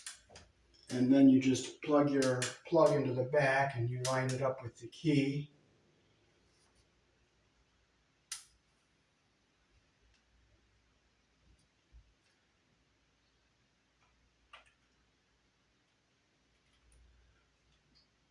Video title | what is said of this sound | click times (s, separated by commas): I found how not wow dangerous and show how to wire a single station smoke detector | You hear it snap in. | 8.3 s, 14.5 s